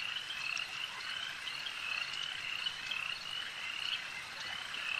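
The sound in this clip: Insect swarm sound: a steady, shrill buzzing drone with faint whistled streaks and quick chirps over its top.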